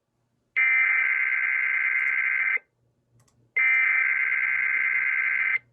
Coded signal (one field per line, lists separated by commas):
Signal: Emergency Alert System (SAME) tones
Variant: header bursts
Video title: EAS 1339-1342: All other Weekly Tests from 2/10/2021